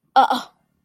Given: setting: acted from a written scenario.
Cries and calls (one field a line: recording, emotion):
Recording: vocal sound without words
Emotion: confusion